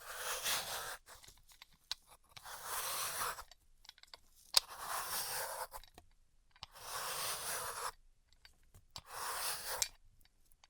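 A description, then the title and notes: Floral foam being crushed and worked in five separate bursts of dense, gritty crackling, each lasting about a second, spaced roughly two seconds apart with near silence between. A few sharp taps and clicks punctuate the gaps, one especially crisp near the middle. Dry vs Wet Floral Foam Tapping, Cutting and Crushing.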